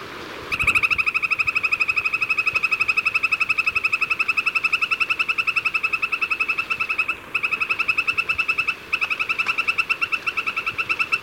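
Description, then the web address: Northern white-crowned tapaculo giving a long, steady series of rapid, even, pulsed notes that carry on for about ten seconds with two brief breaks. Only faint background hiss. Ecuador. "S America Birds of Ecuador. Northern White-crowned Tapaculo"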